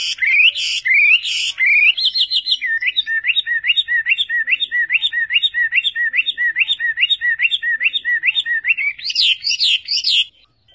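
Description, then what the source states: Chinese hwamei delivering a few loud upswept whistles, then a long fast series of identical short hooked notes, ending with higher ringing phrases. Combination of song phrases (tembakan).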